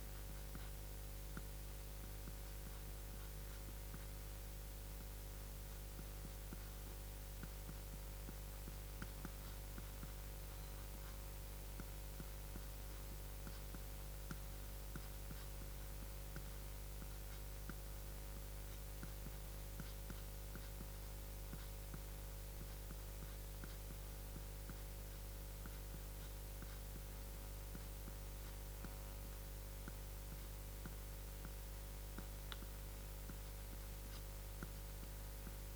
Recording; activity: daily activity, guitar pickup as the sensor; write